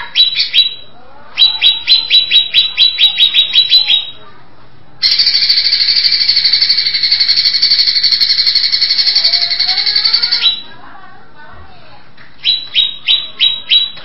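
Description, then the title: Greater Green Leafbird song alternating bursts of rapid chirped notes with a long, steady, high-pitched buzzing trill lasting several seconds. "Cucak ijo"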